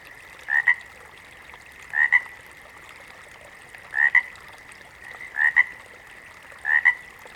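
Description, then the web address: Water frog croaking in brief paired pulses, a rasping two-part call repeated five times at uneven intervals of one to two seconds, with a soft continuous hum underneath. "Sleep Sounds of Nature FROGS 02 Water Frogs"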